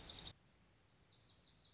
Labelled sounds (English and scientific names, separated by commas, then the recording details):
Lazuli Bunting (Passerina amoena)
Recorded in Sonoma County, California